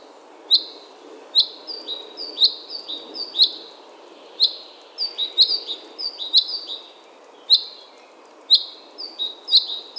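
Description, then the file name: Common chaffinch calls: short, sharp, downward-slurred high notes, often followed by a brief flat tone, given about once a second in an irregular series over a soft hiss. "Fringilla coelebs"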